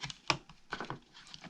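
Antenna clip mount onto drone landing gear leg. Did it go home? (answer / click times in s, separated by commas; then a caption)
yes / 0.3 s. An extended-reach antenna clip mount from a Wi-Fi and signal extender kit is pushed onto the plastic landing gear leg of a camera drone. It snaps into place with a sharp click at 0.3 s, and softer taps and handling noises follow. The clip is seated.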